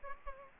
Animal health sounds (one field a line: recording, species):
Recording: mosquito wingbeat signal from an infrared sensor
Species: Aedes albopictus